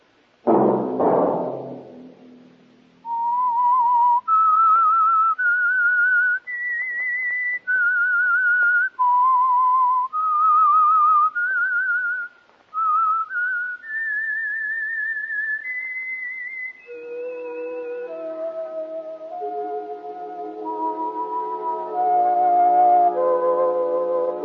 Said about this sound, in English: Let that whistle be your signal for the Signal Oil program, The Whistler, each Sunday night at this same time.